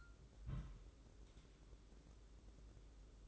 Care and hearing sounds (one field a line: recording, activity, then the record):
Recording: daily activity, microphone in the room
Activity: place on stove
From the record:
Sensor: 3